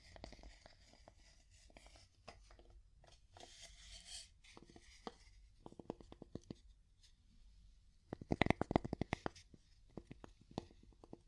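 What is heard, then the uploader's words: Wood tapping in uneven clusters of short, knocking hits with a hollow, woody ring. The first few seconds mix in soft scratching and rustling, then the taps grow sharper, with the densest, loudest burst of quick tapping around eight to nine and a half seconds. ASMR Calming Wood Tapping (No Talking).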